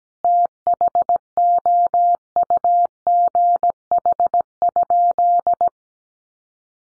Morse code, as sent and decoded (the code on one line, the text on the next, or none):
- .... --- ..- --. .... ..--..
THOUGH?